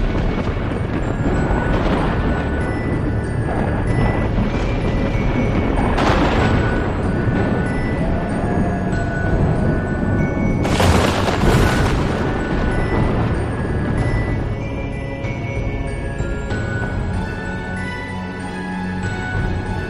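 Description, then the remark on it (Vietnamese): Heavy, continuous rumbling booms of thunder echo across a cemetery, with sharp crackling bursts of lightning from dark clouds around two, six and eleven seconds over a steady low roar. “Chỉ nghe tiếng sấm sét vang vọng khắp cả nghĩa trang.”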